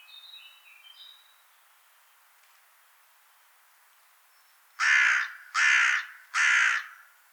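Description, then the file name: Carrion crow giving three loud, harsh caws in quick succession near the end, after faint high chirps from small birds at the start. "Corvus corone"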